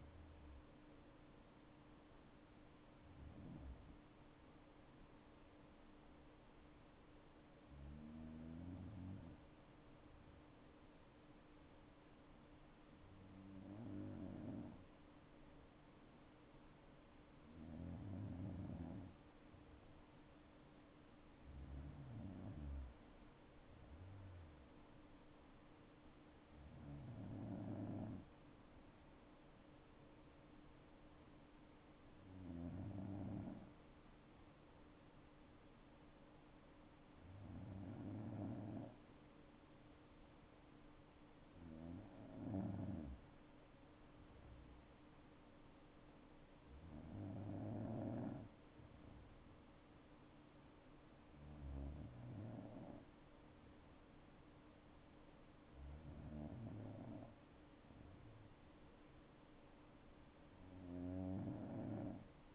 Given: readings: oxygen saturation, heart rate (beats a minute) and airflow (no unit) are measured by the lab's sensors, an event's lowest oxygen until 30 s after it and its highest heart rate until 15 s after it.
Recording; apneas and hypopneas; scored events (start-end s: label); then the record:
breathing in sleep by a voice recorder at the bedside; 1
9.00-23.00 s: hypopnea (N1, oxygen 96% highest, then 92% lowest, heart rate 64 at the start, 69 highest)
14.00-62.55 s: new sleep stage, N2 (light sleep)
From the record:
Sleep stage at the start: N1 (lightest sleep); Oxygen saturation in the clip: 92 to 96%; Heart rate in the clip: 59 to 71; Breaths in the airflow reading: 13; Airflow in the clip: -7.5 to 8.9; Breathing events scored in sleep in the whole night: 228 in 5.4 hours asleep